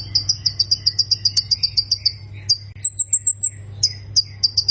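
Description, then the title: Prinia song: long run of rapid, evenly spaced chipping notes, a high thin whistled phrase, then further chips, with a steady low hum. "Ciblek Sawah"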